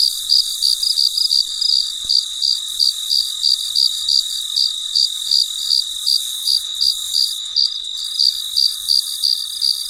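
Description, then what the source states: Cricket chirping in rapid, evenly spaced high pulses, about three each second, over a constant thin high hiss. Recorded late at night, in deep quiet.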